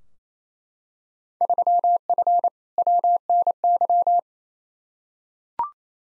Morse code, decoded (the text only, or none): 3F WNY